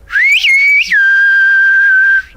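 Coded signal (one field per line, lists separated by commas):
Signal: whistled language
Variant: Silbo Gomero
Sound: one clear whistle with two quick upward glides, then a long lower held note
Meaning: A name call: Elena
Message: /A/ Elena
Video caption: (In a Gomeran whistle) /A/ Elena. [Elena] This could be it. [Rogelio] This is Elena.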